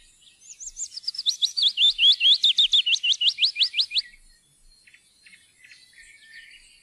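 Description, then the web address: Willow warbler delivering one descending phrase of soft, repeated whistled notes over nearly four seconds, followed by quiet twittering from other birds. "fuglelyder-1 loevsanger"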